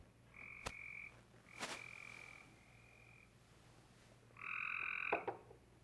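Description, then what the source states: Cope's gray treefrog giving a few short, fast-pulsed buzzy trills separated by pauses, with a few sharp clicks and a faint low hum behind. Played recording from a breeding chorus; calls less musical than the gray treefrog's, with the pulses within each call delivered more rapidly; vocal sac inflates while calling, adding volume and resonance.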